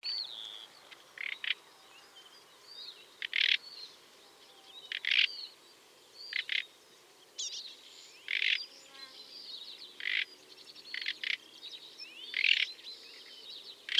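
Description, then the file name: Common nightingale singing in varied phrases of whistled slurs and sharp loud bursts, some repeated, separated by brief pauses, over faint background hiss. "Luscinia megarhynchos"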